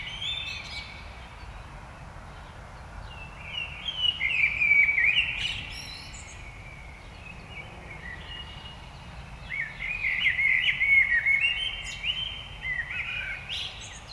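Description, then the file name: Common blackbird warbling in two long twittery phrases of rising and falling notes, separated by a pause of several seconds, over a steady background hiss. "Turdus merula"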